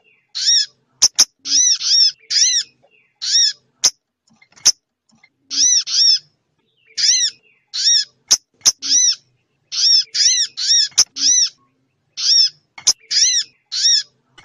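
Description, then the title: Spiderhunter song of repeated high, chiming arched notes, mostly in rapid doubles and triples, with occasional crisp clicks. Labaik song style; used as a master track for training cage birds. "Sogok Ontong Labaik"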